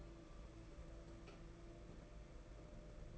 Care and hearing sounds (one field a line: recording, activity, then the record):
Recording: daily activity, microphone in the room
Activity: take from stove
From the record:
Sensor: 5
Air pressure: 992.2 hPa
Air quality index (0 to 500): 210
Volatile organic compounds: 1000 ppm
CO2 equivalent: 6086 ppm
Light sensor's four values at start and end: 5/14/5/6 and 6/14/5/6